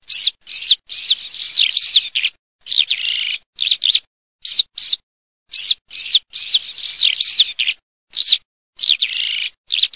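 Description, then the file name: Eurasian skylark song: a continuous run of high, rapid, trilling and chirping phrases with brief pauses between bursts, no other sounds. "ALLODOLA"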